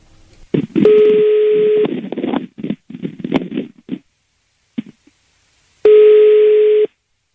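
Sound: telephone keypad dialing tones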